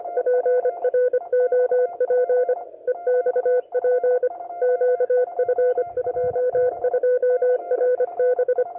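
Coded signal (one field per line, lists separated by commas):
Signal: Morse code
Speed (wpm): 25 wpm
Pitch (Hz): 500 Hz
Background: radio noise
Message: PROP EXP QF22RB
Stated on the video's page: Signals heard while testing a centre-fed full wave dipole antenna, including results later in the day.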